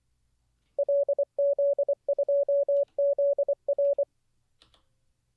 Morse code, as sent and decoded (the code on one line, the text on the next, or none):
.-.. --.. ..--- --.. .-.
LZ2ZR